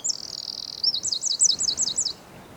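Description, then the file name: Eurasian wren song: a very high, rapid ringing phrase that runs into a fast run of repeated rising-falling notes, lasting about two seconds. "Troglodytes troglodytes"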